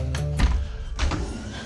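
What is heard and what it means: Pressing down on the push bar of a home-built clicking latch on a garden box lets its wedge-shaped foot push the lid part out, giving a sharp thunk at 0.15 s, and the lid pops up. A second, heavier low thud follows at about 0.4 s, then the sound fades. The latch releases.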